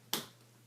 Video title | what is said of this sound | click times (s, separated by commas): MoKo Kickstand & Belt Holster Nexus 6 Case! | it pops right out no problem it locks into place you'll hear the click | 0.1 s